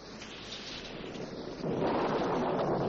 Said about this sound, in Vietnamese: Vào lúc này bỗng nhiên có cơn gió lớn, và sóng đột nhiên nổi lên.